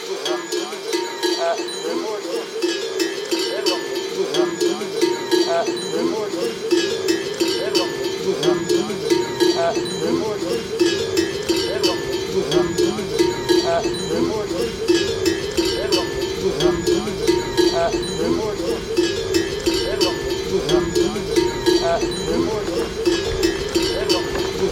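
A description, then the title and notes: Bells on yaks, cows, donkeys and horses clank steadily along a trail, several ringing at once in a dense, uneven jangle that never pauses. Faint voices and an occasional animal bleat sit in the background. The sound of yaks, cows and bulls, donkeys and horses on the trail becomes a norm as we share the same path to and from Base Camp.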